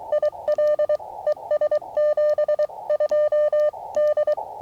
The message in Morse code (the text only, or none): IL ES 72 D